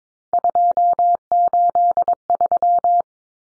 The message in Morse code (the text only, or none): 283